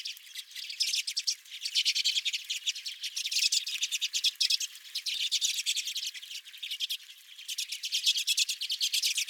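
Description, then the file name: Redpoll flock in constant chatter, loud buzzy trilled notes tumbling over each other in rapid, uneven bursts. Redpolls at the recordist's feeder. "Redpolls at My Feeder"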